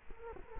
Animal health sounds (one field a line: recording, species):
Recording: mosquito wingbeat signal from an infrared sensor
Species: Culex quinquefasciatus